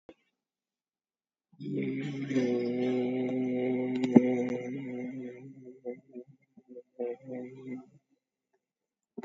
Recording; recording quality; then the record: sustained vowel as in made; excellent, no background noise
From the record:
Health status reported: COVID-19 positive, mild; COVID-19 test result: positive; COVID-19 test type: RT-PCR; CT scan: taken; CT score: 0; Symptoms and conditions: cough, cold, sore throat, fever, fatigue, loss of smell and taste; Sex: male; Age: 63 years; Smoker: no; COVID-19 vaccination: both doses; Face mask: worn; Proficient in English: yes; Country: India